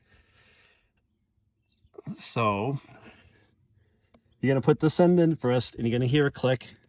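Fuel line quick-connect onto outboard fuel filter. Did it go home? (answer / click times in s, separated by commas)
no / none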